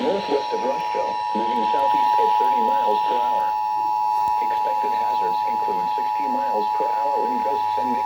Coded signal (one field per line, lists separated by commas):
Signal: Emergency Alert System (SAME) tones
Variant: 853 and 960 Hz attention tone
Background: speech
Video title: SVR on KEC74 (EAS #201)